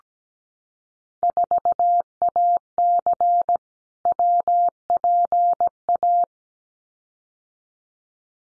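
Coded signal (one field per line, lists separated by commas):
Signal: Morse code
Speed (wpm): 17 wpm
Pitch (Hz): 700 Hz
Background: none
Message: 4AC WPA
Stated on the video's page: Morse drill of randomly selected Field Day exchanges at 17 wpm for head-copy, each sent, spoken, then sent again.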